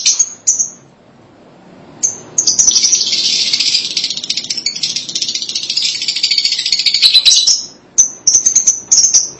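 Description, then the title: Lovebird chatter: a long, continuous run of rapid, scratchy high notes framed by a few sharp chirps. "BM Suara Burung Lovebird"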